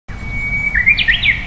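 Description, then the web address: Japanese bush warbler song: a long, steady whistled note followed by a quick, rising and falling flourish, over low background rumble. "shun uguisu"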